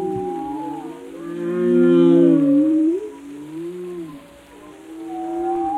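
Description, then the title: Whale vocalizations, harmonic moans that swell to a peak and fade, followed by softer sliding tones. "Whale Tales: Discovering the Stories Behind the Sounds"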